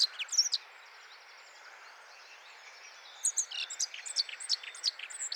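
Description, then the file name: Eurasian blackcap giving quick, varied notes in two bursts, the first short and the second longer and fuller, over faint background noise. "Sylvia atricapilla"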